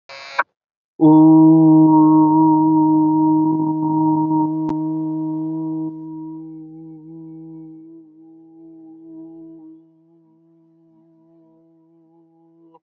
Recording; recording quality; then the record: sustained vowel as in boot; moderate, slight background noise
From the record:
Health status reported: healthy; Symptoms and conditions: none ticked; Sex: male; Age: 21 years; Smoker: not ticked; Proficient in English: yes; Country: India